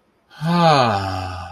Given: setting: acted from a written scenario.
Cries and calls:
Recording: vocal sound without words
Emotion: serenity

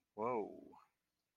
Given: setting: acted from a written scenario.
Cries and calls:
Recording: vocal sound without words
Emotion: relief

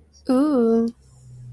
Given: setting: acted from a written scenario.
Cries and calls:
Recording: vocal sound without words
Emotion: desire

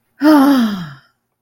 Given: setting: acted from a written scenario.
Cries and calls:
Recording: vocal sound without words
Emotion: contentment

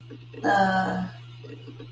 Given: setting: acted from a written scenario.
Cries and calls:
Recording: vocal sound without words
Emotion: embarrassment

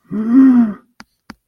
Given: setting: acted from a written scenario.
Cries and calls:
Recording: vocal sound without words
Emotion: fear

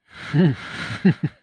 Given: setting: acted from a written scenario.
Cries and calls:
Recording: vocal sound without words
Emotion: amusement

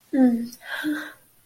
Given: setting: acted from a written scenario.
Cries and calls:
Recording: vocal sound without words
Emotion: shame

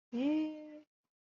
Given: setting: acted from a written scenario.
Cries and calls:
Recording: vocal sound without words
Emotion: embarrassment

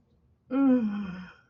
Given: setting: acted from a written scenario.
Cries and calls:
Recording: vocal sound without words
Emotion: ecstasy

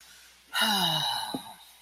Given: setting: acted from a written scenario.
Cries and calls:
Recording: vocal sound without words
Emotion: disappointment

